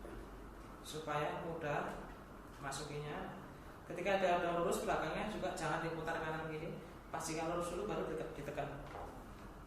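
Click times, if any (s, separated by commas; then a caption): none. A plastic attachment of a Sirena Hydro Vacuum is lined up straight, without twisting, and pushed toward its socket while someone talks throughout. Nothing has seated or clicked yet; the clip ends just before the attachment goes home.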